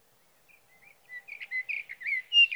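Sage Thrasher song beginning with a few soft whistled notes, then building into quick slurred warbling phrases.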